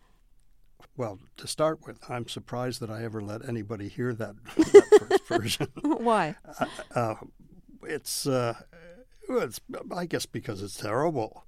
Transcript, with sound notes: Well, to start with, I'm surprised that I ever let anybody hear that first version.
(Laughter) Why?
It's - I guess because it's terrible.